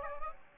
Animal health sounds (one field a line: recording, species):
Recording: mosquito wingbeat signal from an infrared sensor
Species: Aedes aegypti